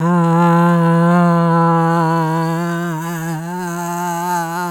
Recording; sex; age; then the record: sustained vowel /a/; female; 70 to 79 years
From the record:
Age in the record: 72 years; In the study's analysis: excluded